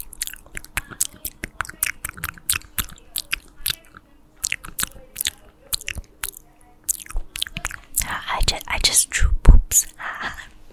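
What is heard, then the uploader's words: Sensitive mouth sounds: crisp wet clicks and smacks come in a quick, irregular stream, sometimes several per second. Past the eighth second the sounds thicken into a louder, denser crunching and chewing with bright, hissy detail, over a faint steady low hum. ASMR Sensitive mouth sounds.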